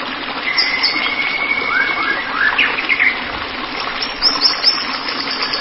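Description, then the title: White-rumped shama song: a long steady whistle, then a string of rising and falling whistled notes, with rushing background noise throughout. "Kicau Murai Batu"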